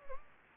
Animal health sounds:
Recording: mosquito wingbeat signal from an infrared sensor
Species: Anopheles gambiae

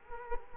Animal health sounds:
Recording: mosquito wingbeat signal from an infrared sensor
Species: Culex quinquefasciatus

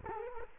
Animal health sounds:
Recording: mosquito wingbeat signal from an infrared sensor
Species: Culex quinquefasciatus

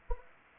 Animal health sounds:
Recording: mosquito wingbeat signal from an infrared sensor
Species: Anopheles gambiae

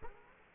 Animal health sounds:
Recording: mosquito wingbeat signal from an infrared sensor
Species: Culex quinquefasciatus

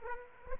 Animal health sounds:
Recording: mosquito wingbeat signal from an infrared sensor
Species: Aedes aegypti

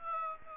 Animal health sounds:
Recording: mosquito wingbeat signal from an infrared sensor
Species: Aedes aegypti

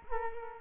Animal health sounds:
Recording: mosquito wingbeat signal from an infrared sensor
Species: Culex quinquefasciatus

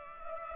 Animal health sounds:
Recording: mosquito wingbeat signal from an infrared sensor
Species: Culex pipiens

